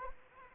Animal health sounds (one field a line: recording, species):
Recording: mosquito wingbeat signal from an infrared sensor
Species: Anopheles arabiensis